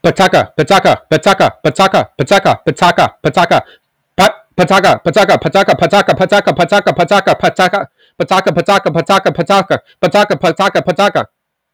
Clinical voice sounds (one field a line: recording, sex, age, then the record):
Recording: repeated syllables /pa ta ka/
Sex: male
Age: 20 to 29 years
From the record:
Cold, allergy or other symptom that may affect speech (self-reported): no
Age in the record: 24 years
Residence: United States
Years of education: 12